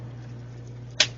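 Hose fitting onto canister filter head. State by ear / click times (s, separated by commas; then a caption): seated / 1.0 s. A plastic hose fitting is pushed onto the top of a Fluval FX6 canister aquarium filter head over a steady low hum. It locks in with one sharp, bright click at 1.0 s, and the fitting is seated.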